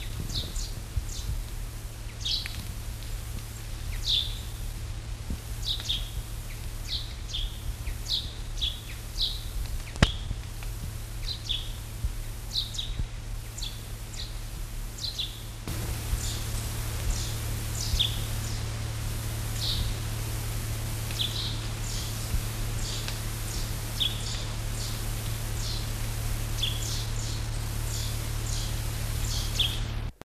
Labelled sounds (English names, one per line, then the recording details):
Common Chaffinch call
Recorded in the wild
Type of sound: call
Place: Gartow, Gartower Forst, Niedersachsen, DE
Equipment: Halbspur, 9,5 cm/s
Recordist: Lütgens, Hans
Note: Junge flügge Buchfinken